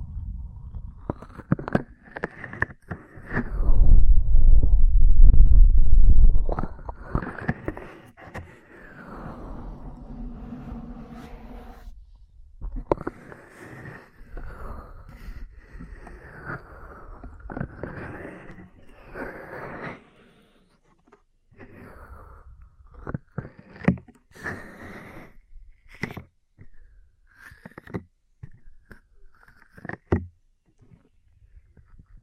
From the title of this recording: Ear Cleaning, Massage, Cupping, Tapping